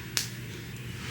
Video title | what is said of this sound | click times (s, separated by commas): perfectly blending my 4C hair with 3C clip-ins!?! - FLIPOVER METHOD - CURLS QUEEN WATER KINKY CURLY | you see they just snap right in like this is my real hair | 0.2 s